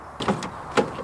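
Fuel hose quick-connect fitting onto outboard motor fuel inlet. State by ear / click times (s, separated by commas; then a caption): seated / 0.8 s. A fuel hose quick-connect fitting is pushed onto the fuel inlet of an old 15 HP Evinrude two-stroke outboard motor, with a couple of quieter handling knocks near 0.2 and 0.3 s. A sharp click follows at 0.8 s as the connector seats in place.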